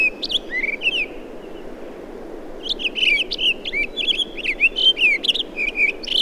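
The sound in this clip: Townsend's solitaire song: a brief warbled phrase, a pause, then a long rambling run of rapid, varied whistled and squeaky notes with a steady low background hiss.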